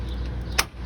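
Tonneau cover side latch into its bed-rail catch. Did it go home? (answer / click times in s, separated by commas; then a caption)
yes / 0.6 s. The side latch of a hard roll-up tonneau cover on a Ford Maverick truck bed is brought back into its bed-rail catch. Over a steady low background rumble, one sharp click sounds at 0.6 s as the latch snaps back in place and seats.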